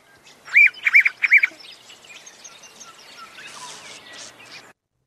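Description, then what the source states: Hooded Robin calling, three loud clear rising-falling notes in quick succession, then fainter high chatter and thin notes. Recording sent in as a hard one to identify, played on radio; hooded robins rarely call and are more likely seen than heard.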